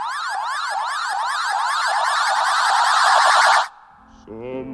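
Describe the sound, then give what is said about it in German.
Loud, shrill electronic alarms from 2000 Ashita Sleeping Tide smoke detectors blare together in rapid rising-and-falling warbles for several seconds, then cut off abruptly, leaving a short, quieter tonal sound. “Die Luft vibrierte vom ohrenbetäubenden Schrillen von 2000 Ashita Sleeping Tide Rauchdetektoren.”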